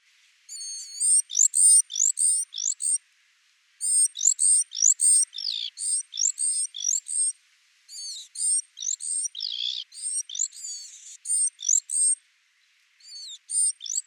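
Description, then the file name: Great tit delivering long bouts of high, scratchy chattering and sweeping whistles in dense bursts of several seconds, separated by short silent gaps. "Parus major"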